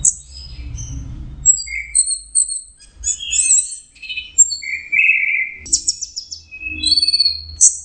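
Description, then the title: Orange-headed thrush song of scattered high thin notes, short trills and a lower rough buzzy phrase, varied and somewhat spaced, with a soft hum underneath. Orange-headed thrush song in the 'teler' style, made as a masteran training recording for songbirds. "Anis Kembang. Suara Burung Anis Merah Teler"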